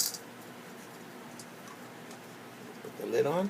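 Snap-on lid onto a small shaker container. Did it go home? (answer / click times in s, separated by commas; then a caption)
no / none. A snap-on lid is brought to a small shaker container and lined up, just before being pressed on. The stretch is quiet with no hits, apart from someone talking at the start and again near the end. The lid has not snapped on yet.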